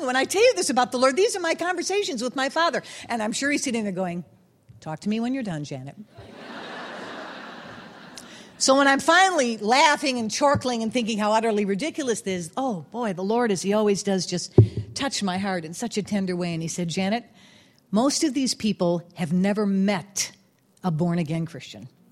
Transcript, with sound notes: When I tell you this about the Lord, these are my conversations with my Father and I'm sure He's sitting there going, "Talk to me when you're done, Janet." (laughter) So when I'm finally done laughing and chortling and thinking how utterly ridiculous this is, oh boy, the Lord, as He always does, just touched my heart in such a tender way and He said, "Janet, most of these people have never met a born-again Christian.